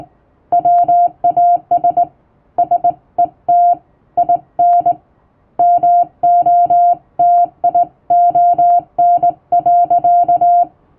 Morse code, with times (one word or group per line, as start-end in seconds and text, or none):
0.5-2.0 WAS
2.6-3.7 SET
4.2-4.9 IN
5.6-10.6 MOTION.